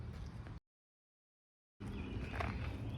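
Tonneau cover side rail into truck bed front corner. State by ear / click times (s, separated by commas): not seated / none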